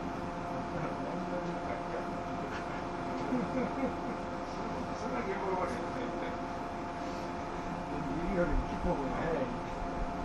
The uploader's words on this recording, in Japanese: 103系 播但線普通 01/01:姫路～寺前。播但線＂の列車走行音。